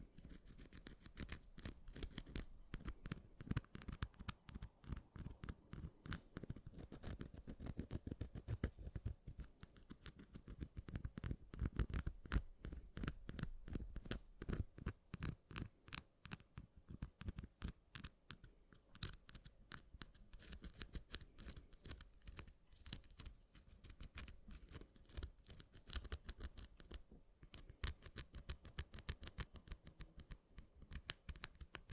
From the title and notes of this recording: ASMR Mini Scratching (NO TALKING).